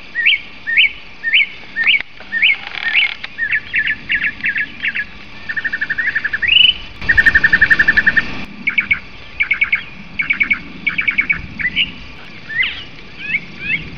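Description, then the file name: Songbird song made of varied whistled and chattering phrases, short rising notes, brief buzzy trills and repeated note groups, with a faint background hum. Master song for training songbirds. "omkicau kicau master omkicau"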